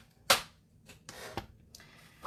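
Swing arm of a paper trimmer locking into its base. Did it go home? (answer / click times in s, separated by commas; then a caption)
yes / 0.3 s. The swing arm of a paper trimmer and scoring board is closed and locks into its base with a sharp click at 0.3 s, so it no longer swings around. Quieter hissy rustles and soft taps follow around 1.1, 1.4, 1.8 and 2.3 s.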